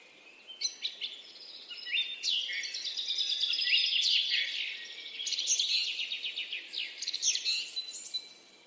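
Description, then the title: Bird song in a long continuous warbling stream of rapid chirps and high notes, growing fuller midway and ending in separate chips. "Birds Singing - Birds Chirping"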